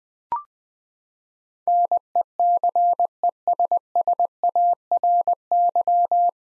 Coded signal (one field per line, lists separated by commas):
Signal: Morse code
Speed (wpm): 20 wpm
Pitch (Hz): 700 Hz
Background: none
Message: NECESSARY